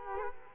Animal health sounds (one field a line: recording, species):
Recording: mosquito wingbeat signal from an infrared sensor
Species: Culex quinquefasciatus